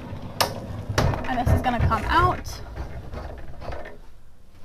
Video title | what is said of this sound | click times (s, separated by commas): Experience this week's Newmar Difference. The 2022 Super Star 4059. | you're going to go ahead and click this down and | 0.4 s